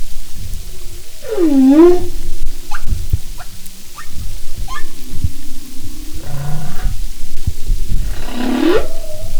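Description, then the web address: Humpback whale song units: a low swooping moan that dips then rises, a few faint tonal notes and clicks between, then another rising moan near the end. "Marine Mammals humpback"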